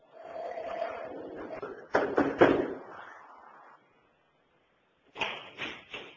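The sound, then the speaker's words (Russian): Knocking on a door: a quick set of three heavy, sharp raps over a low rumbling murmur, then silence, followed by another set of three loud knocks. “Постучите сильнее.”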